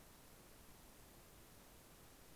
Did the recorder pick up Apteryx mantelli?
no